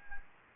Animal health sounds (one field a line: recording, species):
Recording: mosquito wingbeat signal from an infrared sensor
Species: Anopheles gambiae